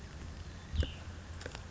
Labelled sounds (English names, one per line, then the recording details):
Cassin's Vireo
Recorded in Sonoma County, California